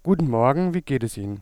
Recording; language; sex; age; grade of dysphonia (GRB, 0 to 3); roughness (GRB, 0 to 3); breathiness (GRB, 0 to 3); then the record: spoken sentence; German; male; 30 to 39 years; 0; 0; 0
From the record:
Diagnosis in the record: recurrent laryngeal nerve paralysis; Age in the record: 32 years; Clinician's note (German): Zustand nach Thyreoplastik nach Rec. par. links